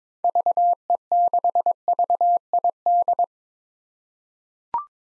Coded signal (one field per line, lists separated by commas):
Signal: Morse code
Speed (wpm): 22 wpm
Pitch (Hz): 700 Hz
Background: none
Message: VE6VID